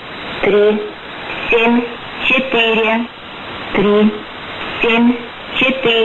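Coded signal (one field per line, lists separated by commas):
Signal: numbers station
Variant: S06s, Russian female voice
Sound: a woman's voice reads six short, evenly spaced Russian words, like numbers, over radio hiss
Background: radio static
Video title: 12 02 2019 S06s Russian Lady numbers station in Russian to Eu 0715 on 6320 unknown tx site USB+AM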